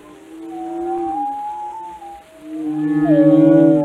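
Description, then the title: Whale song: a steady moan, a brief quieter gap, then a louder tonal call with rich harmonics. "Whale Watching: A Close Encounter with the Giants of the Sea"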